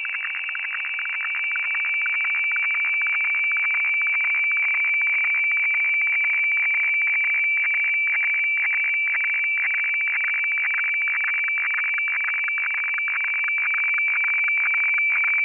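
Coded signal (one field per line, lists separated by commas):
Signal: weather fax (radiofax)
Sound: steady high whistle broken by rapid crackling, warbling dips as the fax image scans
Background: radio static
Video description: Weather FAX transmission from Hamburg, Germany, received using Aispy HF+, Gqrx SDR v2.9 pre, and Fldigi 4.0.11 - The fun begins around 1:25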